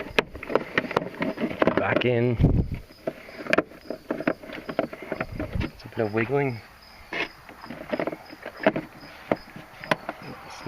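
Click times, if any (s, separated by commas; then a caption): 9.9 s. A plastic fuse box cover is refitted onto the under-hood fuse box of a Nissan Titan truck after the fuse is reinstalled, with a series of sharp plastic knocks and rattles as it is wiggled into position while someone talks. The cover snaps home with a distinct click at 9.9 s, seating it in place.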